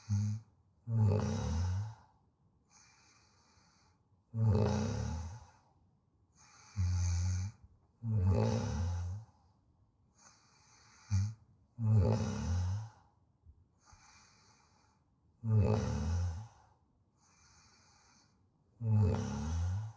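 Loud, low, rattling snores on each breath in, about 17 a minute, with softer breaths out between them, from an adult sleeper. Ordinary snoring, from vibration of the soft tissues of the throat during sleep.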